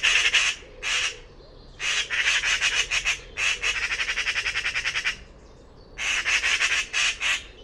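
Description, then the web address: Bird calling in rapid harsh pulsed bursts, several bouts of fast chattering notes separated by short pauses, with faint low background hum. Recordings from the "Pi Pi Pi Pi" call class in a 2025 bird-only dataset. "cianscape birddata Deverinetal 2025 File origin Bird Only More Classes Pi Pi Pi Pi"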